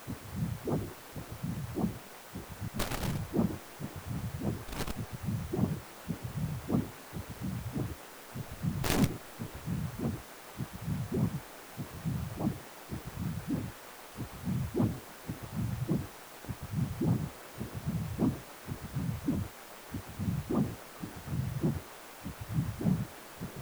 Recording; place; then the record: Doppler ultrasound of blood flow; precordium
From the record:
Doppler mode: continuous wave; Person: healthy adult, 18 to 50 years, no heart murmur, not diving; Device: 2.5 MHz transducer